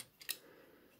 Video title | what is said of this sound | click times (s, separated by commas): Transformers WFC Kingdom Deluxe Class Huffer review | and then you want to raise these up until they click | 0.2 s, 0.3 s